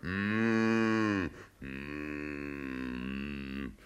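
Two long, loud cow moos with no talking: a sustained, steady low bellow that breaks off briefly, then a second drawn-out moo of similar pitch.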